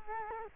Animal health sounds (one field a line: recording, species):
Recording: mosquito wingbeat signal from an infrared sensor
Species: Culex quinquefasciatus